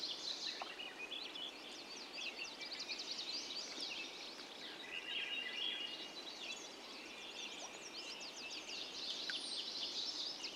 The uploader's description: The dawn breaks with Ravens, mountain bluebirds, a great grey owl calls from a tree. Swainson's thrush and a sapsucker bangs on a tree to be heard